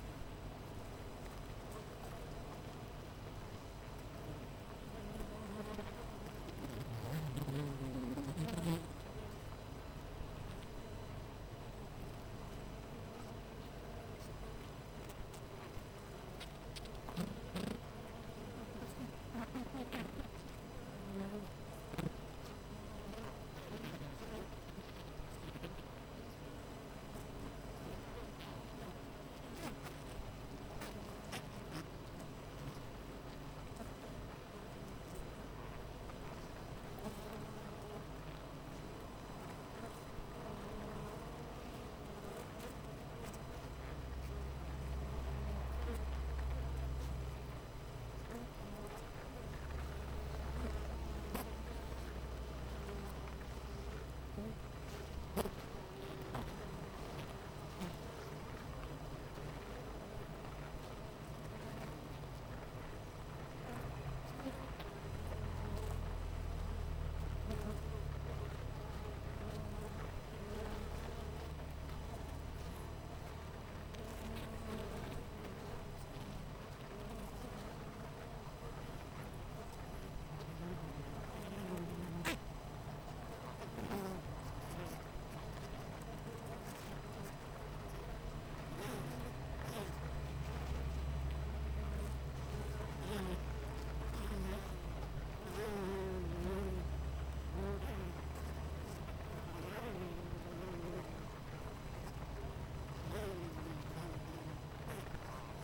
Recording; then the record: honeybee colony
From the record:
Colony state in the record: missing queen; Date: 14 July 2017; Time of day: 8:20